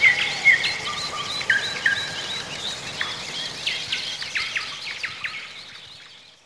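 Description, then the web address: Songbirds singing, a few whistled notes and sharp chirps standing out early, the chorus gradually fading toward the end. Morning chorus of songbirds in spring. "vremena vesna pevchie ptici utrenni hor"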